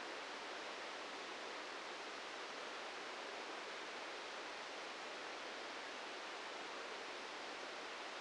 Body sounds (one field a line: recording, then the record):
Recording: brain microelectrode recording played as sound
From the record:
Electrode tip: outside the subthalamic nucleus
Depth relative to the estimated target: 1 mm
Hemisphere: right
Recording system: NeuroSet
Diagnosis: Parkinson's disease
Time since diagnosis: 13 years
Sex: male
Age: 65 years